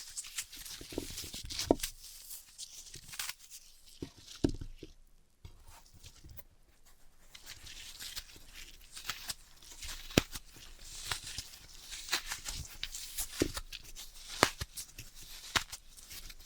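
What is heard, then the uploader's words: Floral foam being crushed and cut, with dense crackling, crunching and sharp snapping clicks that come in irregular bursts. The texture is bright and gritty, easing briefly around the fifth and sixth seconds before picking up again with frequent louder snaps. Dry vs Wet Floral Foam Tapping, Cutting and Crushing.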